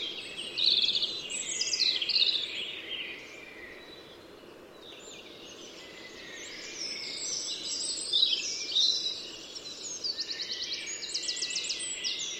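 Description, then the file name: European robin song: a run of high, thin, varied phrases with tinkling notes and fast trills, pausing briefly midway, over a soft background hiss. "Erithacus rubecula"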